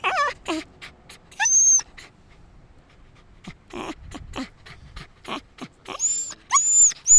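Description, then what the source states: Dog yelps in quick bursts at the start and end, with breathy panting-like noise in between. More than one dog, yelping.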